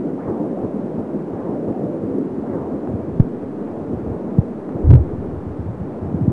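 A steady, fast, muffled whooshing pulse under low rumbling noise, with a few brief knocks. This is a fetal heartbeat picked up by Doppler ultrasound at nine weeks four days of pregnancy, in early pregnancy.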